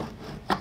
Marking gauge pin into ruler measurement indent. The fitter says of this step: gauge right in the indent and use it to set it and I'll just click right in there